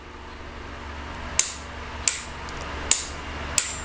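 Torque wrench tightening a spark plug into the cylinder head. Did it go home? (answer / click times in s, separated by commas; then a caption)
yes / 1.4 s, 2.1 s, 2.9 s, 3.6 s. A click-type torque wrench set to 27 newton meters tightens a spark plug into the cylinder head of a Hyundai/Kia 2.4 GDI engine. Four loud, sharp release clicks ring out at 1.4, 2.1, 2.9 and 3.6 seconds over a quiet background. The plug reaches its set torque and is confirmed properly tightened.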